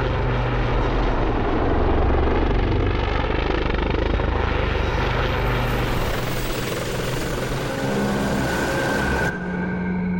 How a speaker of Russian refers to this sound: Из-за гор вылетает вертолет.